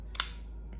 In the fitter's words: little click, and it is ready to install.